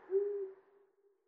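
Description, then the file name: Long-eared owl hoot: a single low, soft, even-pitched hoo that fades out quickly, with no other sounds. "Uszatka"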